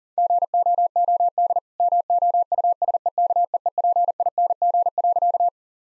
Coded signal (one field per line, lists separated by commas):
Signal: Morse code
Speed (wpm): 37 wpm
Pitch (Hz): 700 Hz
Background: none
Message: GOOD MOUSEKEEPING.